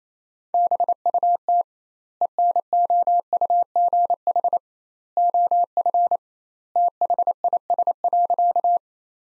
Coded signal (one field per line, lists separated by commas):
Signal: Morse code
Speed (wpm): 28 wpm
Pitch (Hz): 700 Hz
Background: none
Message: BUT ENOUGH OF THIS.